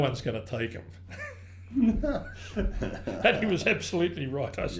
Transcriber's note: laughs